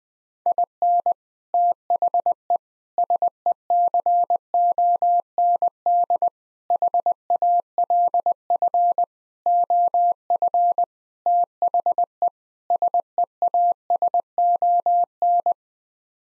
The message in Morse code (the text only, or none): IN THE SECOND HALF OF THE SEASON